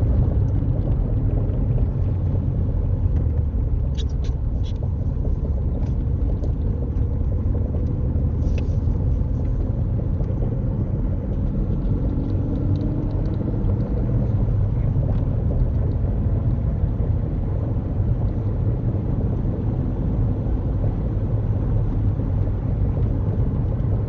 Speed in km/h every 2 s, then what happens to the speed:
45, 37, 42, 45, 48, 53, 56, 60, 63, 66, 64, 61.
3-18 speeds up to 66. 18-24 steady at about 64.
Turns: none.